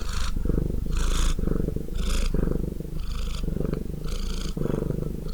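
Cat purr, deep vibrating rumble pulsing with each inhale and exhale, about one cycle per second, loud and unbroken.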